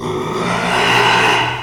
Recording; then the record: squeal of a Yucatan mini pig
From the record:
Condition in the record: after surgery on the right vocal fold (resection and tissue-engineered implant); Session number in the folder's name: 1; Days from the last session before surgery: 6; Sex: male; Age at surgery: 12 weeks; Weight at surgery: 13 kg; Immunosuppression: cyclosporine, prednisolone